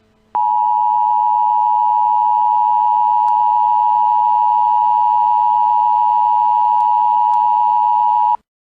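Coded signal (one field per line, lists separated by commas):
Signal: Emergency Alert System (SAME) tones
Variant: 853 and 960 Hz attention tone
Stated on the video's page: Fictional EAS scenario about a chemical plant disaster; not a real alert.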